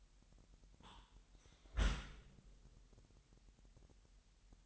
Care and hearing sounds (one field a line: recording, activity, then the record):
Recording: daily activity, microphone in the room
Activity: close dishwasher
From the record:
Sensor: 3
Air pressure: 998.3 hPa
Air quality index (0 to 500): 148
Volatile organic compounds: 5 ppm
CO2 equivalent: 1778 ppm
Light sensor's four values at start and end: 13/39/15/14 and 13/39/16/14